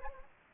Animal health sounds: mosquito wingbeat signal from an infrared sensor; Anopheles gambiae

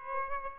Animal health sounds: mosquito wingbeat signal from an infrared sensor; Aedes albopictus

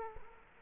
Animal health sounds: mosquito wingbeat signal from an infrared sensor; Culex quinquefasciatus

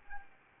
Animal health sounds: mosquito wingbeat signal from an infrared sensor; Anopheles arabiensis

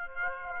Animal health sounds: mosquito wingbeat signal from an infrared sensor; Aedes aegypti

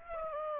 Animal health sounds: mosquito wingbeat signal from an infrared sensor; Aedes aegypti

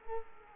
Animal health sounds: mosquito wingbeat signal from an infrared sensor; Culex quinquefasciatus

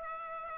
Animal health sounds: mosquito wingbeat signal from an infrared sensor; Aedes aegypti

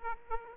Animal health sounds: mosquito wingbeat signal from an infrared sensor; Aedes aegypti

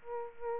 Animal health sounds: mosquito wingbeat signal from an infrared sensor; Aedes aegypti

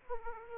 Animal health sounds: mosquito wingbeat signal from an infrared sensor; Aedes aegypti

